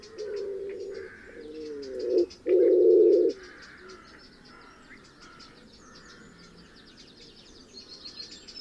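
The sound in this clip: Wood pigeon cooing, a few deep hooting notes early then stopping, with high chirping small birds continuing over a quiet background.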